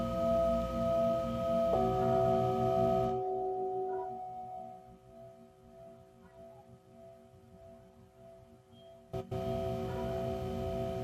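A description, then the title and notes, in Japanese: A Tibetan singing bowl rings with steady, layered tones, a bright shimmer on top and a rubbing, rumbling texture underneath for the first three seconds. The rubbing stops and the pure tones hang and slowly fade. Near nine seconds a sharp knock brings back a fuller, noisier ring. メキシコから シンギングボウルのサウンドヒーリング。新月の真夜中のメキシコより。チベタンシンギングボウル。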